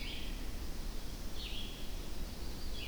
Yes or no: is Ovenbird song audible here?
no